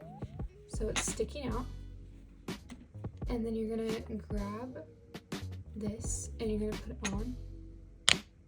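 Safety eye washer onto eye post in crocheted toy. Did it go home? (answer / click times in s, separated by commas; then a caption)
yes / 8.1 s. A plastic washer is pushed onto the post of a safety eye through a crocheted turtle head while someone talks over background music. A sharp pop at 8.1 s marks the backing snapping on, seating the safety eye.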